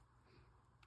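A small circuit board is pressed into its plastic housing slot on a robot vacuum's motor during a motor replacement. Over a low steady hum, a single soft click at 0.8 s marks the board popping right into place, seated.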